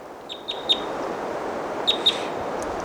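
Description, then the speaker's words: Crossbill giving sharp, high chip notes, a quick cluster of three early and a close pair near the end, over steady wind noise. Decoy crossbill calling, in a pine-oak forest up on a mountain range; windy. "Decoy Crossbills number 318 is calling there."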